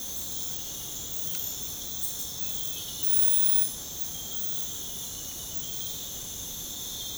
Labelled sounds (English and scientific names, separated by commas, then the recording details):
none
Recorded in secondary vegetation near Puerto Asís, Putumayo, Colombia, on 21 February 2024 at 03:30
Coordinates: 0.472, -76.331
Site G6371